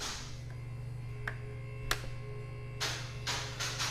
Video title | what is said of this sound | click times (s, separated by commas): [2019+] Mercedes Sprinter – Front Bumper Install Backwoods Adventure Mods [2500 & 3500 Models] | It just snaps in place. | 1.3 s, 1.9 s